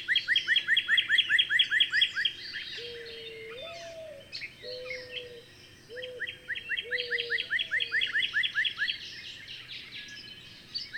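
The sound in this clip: Bird song of quick repeated rising chirps, with a second bird's low, drawn-out whistles sliding up and down in the middle before the chirping resumes.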